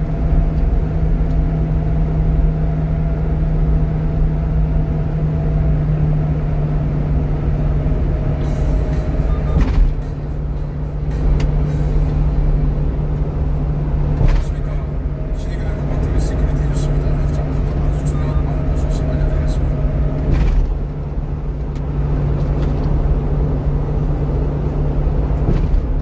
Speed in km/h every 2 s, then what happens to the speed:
97, 96, 95, 91, 90, 92, 91, 89, 90, 89, 88, 89, 89.
0-26 steady at about 90.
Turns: none.